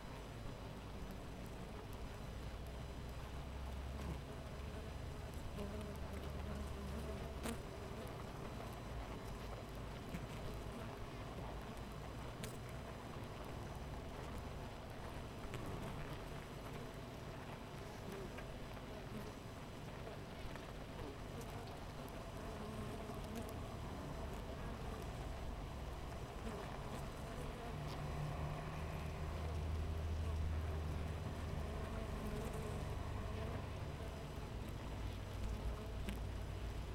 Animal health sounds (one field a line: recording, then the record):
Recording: honeybee colony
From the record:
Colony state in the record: missing queen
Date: 14 July 2017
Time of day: 5:57